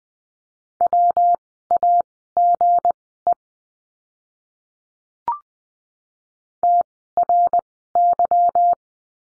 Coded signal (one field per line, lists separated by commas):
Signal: Morse code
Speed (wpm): 20 wpm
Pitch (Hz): 700 Hz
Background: none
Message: WAGE TRY